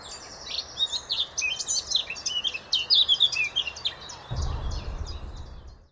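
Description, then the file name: Eurasian blackcap song: a quick, chattering warble of high slurred notes for about four seconds, followed by a low rumbling noise. "Sylvia atricapilla"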